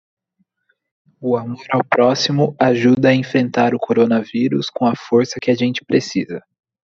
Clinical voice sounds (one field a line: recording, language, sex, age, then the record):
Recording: spoken sentence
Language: Brazilian Portuguese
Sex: male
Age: 20 to 29 years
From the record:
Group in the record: control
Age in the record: 26 years